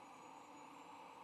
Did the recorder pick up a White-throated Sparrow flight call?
no